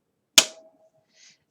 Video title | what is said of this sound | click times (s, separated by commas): Starting with Slate | that pop is four little pins in the corners getting pushed through the page so my slate will not | 0.4 s